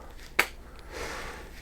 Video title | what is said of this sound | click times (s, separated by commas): JM4 Tactical High Ride Review (QCC Magnetic Holster) | and then close the flap so you get that nice little clicky clicky there | 0.4 s